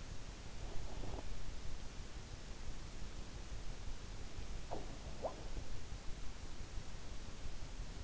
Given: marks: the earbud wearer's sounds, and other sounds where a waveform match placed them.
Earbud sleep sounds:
sounds in sleep by an in-ear microphone; breath
0.53-1.60 s: breath
4.45-5.75 s: sound from someone else or the room

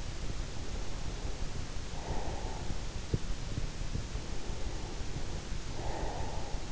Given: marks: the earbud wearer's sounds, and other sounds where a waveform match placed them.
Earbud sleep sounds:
sounds in sleep by an in-ear microphone; breath
0.62-2.96 s: breath
4.26-6.72 s: breath

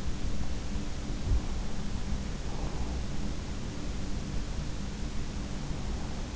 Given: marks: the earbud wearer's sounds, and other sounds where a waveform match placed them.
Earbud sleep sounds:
sounds in sleep by an in-ear microphone; breath
0.46-3.47 s: breath

